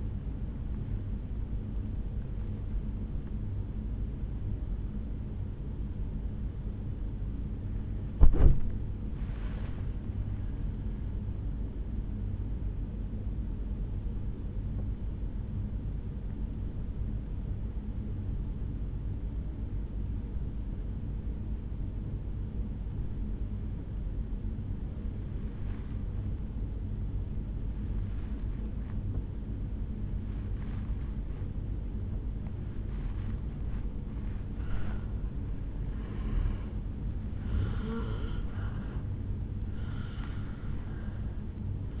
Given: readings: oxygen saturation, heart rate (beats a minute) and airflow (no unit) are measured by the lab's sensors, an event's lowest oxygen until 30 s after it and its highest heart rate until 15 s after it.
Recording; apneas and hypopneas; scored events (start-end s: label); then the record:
breathing in sleep by a smartphone at the bedside; 1
5.00-42.00 s: new sleep stage, N1 (lightest sleep)
11.00-34.40 s: obstructive apnea (N1, oxygen 97% highest, then 87% lowest, heart rate 63 at the start, 75 highest)
From the record:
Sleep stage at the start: N2 (light sleep); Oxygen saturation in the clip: 87 to 97%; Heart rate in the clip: 63 to 76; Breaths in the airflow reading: 3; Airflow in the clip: -8.7 to 3.8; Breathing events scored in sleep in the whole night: 449 in 7.0 hours asleep